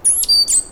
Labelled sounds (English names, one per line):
Stitchbird song